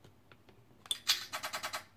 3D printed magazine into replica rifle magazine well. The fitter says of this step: reinsert your magazine, it clicks in and the counter comes back up to zero.